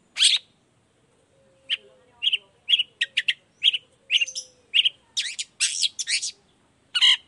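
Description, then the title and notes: Long-tailed shrike song: spaced sharp chips and squeaky notes in short clusters, ending in a dense chattering burst and a final harsh note. Morning song of a cendet, used as a lure to make other shrikes of any type reply quickly and open their beaks; varied 'toet toet' voice. "Cendet Gacor Dor Di Kala Pagi Toet Toet Variasi Suara. Cendet Gacor Efektif Pancingan Buat Cendet Jenis Apapun Agar Cepat Nyaut Buka Paruh. Burung cendet"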